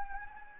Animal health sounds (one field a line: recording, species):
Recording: mosquito wingbeat signal from an infrared sensor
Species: Anopheles gambiae